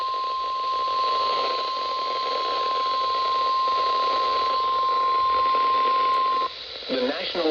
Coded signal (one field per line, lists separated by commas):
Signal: Emergency Alert System (SAME) tones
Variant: 1050 Hz attention tone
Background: speech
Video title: (EAS #1271) Severe Thunderstorm Warning WWF60 7/7/26